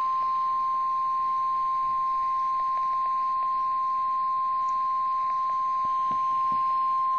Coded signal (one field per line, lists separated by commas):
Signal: Emergency Alert System (SAME) tones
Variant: 1050 Hz attention tone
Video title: EAS 123 - Severe Thunderstorm Warning Kankakee IL